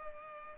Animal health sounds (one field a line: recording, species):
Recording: mosquito wingbeat signal from an infrared sensor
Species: Culex pipiens